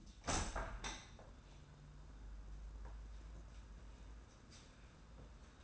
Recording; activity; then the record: daily activity, microphone in the room; open window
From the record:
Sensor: 2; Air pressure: 994.3 hPa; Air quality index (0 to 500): 210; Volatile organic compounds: 1000 ppm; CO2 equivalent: 6982 ppm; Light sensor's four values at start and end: 65/153/63/61 and 70/161/67/66